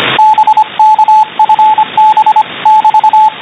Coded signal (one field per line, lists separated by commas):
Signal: Morse code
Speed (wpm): 24 wpm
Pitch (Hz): 860 Hz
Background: radio noise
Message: BK FB <BT>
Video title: SDR 28 MHz USB Morse Code